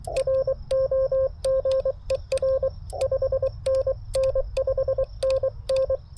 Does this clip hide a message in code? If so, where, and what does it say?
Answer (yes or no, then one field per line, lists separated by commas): yes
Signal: Morse code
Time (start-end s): 0.2-6.0 s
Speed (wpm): 22 wpm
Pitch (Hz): 530 Hz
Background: radio noise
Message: ROGER 5NN5NN